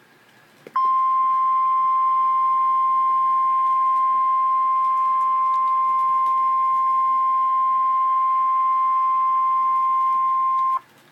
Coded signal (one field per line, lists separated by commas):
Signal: Emergency Alert System (SAME) tones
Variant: 1050 Hz attention tone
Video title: REAL EAS 1004-Severe thunderstorm warning